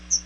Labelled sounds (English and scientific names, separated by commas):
Chestnut-sided Warbler (Setophaga pensylvanica) flight call